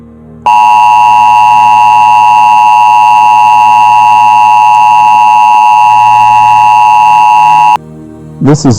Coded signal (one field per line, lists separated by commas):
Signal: Emergency Alert System (SAME) tones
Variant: 853 and 960 Hz attention tone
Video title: MURDERMAS CHRISTMAS | A Christmas EAS Scenario